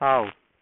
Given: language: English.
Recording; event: throat vibration sensor signal played as sound; speech